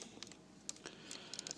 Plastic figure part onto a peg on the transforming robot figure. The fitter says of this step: Should peg in. There we go. Snaps into place.